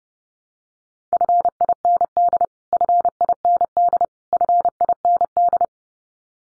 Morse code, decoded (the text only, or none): FIND FIND FIND